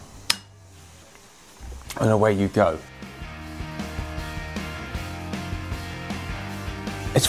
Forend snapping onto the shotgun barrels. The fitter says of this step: The forend then snaps on, and